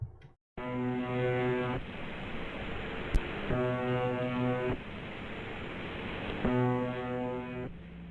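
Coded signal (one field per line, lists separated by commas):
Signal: channel marker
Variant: UVB-76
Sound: three harsh low droning buzzes, each about a second long, repeating every three seconds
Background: radio static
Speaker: For over 50 years, the station has been broadcasting a short, monotonous buzz that plays for 24 hours a day at about 25 tones per minute. This is what it sounds like.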